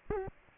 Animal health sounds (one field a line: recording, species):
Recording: mosquito wingbeat signal from an infrared sensor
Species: Aedes aegypti